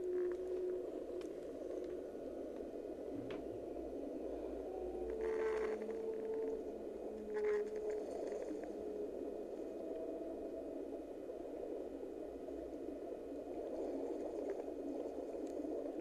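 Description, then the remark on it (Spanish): Whale song: a few drawn-out, low tonal moans and wavering calls rise faintly above a constant bubbling, hissing wash of underwater noise, with no voices. “bueno, pues este es el canto de la ballena y bueno, son sonidos además relajantes, ¿verdad?”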